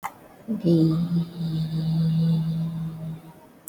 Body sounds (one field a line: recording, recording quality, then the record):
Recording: sustained vowel as in beet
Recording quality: excellent, no background noise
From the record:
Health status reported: respiratory illness, not identified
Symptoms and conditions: cough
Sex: female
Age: 41 years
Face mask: worn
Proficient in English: yes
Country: India